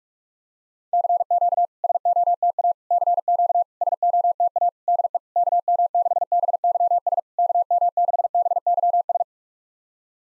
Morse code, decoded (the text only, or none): CQ SOTA CQ SOTA DE KM6BYS KM6BYS